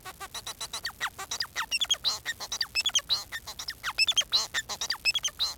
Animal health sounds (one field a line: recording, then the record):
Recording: song of a male Bengalese finch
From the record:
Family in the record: son of father 4